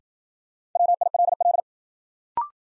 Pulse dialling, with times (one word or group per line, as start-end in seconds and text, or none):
none